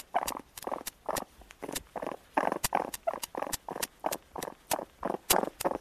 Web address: енот